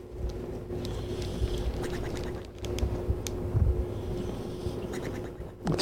A dog snoring. But it sounds like an old man.